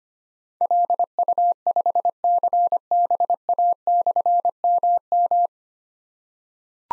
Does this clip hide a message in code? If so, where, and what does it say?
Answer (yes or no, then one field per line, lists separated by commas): yes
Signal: Morse code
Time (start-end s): 0.6-5.5 s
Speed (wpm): 25 wpm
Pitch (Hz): 700 Hz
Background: none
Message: LU5CBA/MM